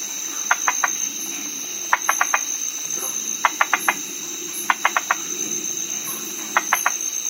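White-lipped tree frog gives rapid clicking calls in bursts of three or four pulses, repeated every one to two seconds, with a constant high insect drone behind.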